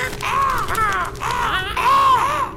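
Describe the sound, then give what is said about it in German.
Ravens caw in a loud, continuous run of harsh, raspy calls, several overlapping cries rising and falling in pitch over a couple of seconds, with no voices. “Einmal in der Woche, am Freitag, versammelten wir uns nach dem Abendbrot vor der Schwarzen Kammer, verwandelten uns in Raben und ließen uns auf der Stange nieder.”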